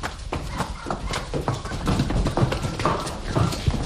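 horse hooves clip-clopping

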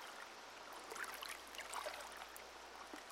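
river water flowing

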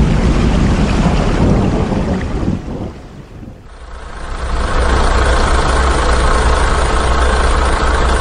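truck engine idling

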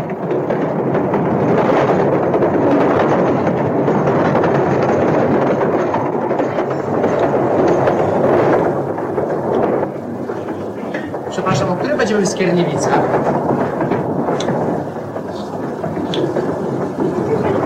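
passing train

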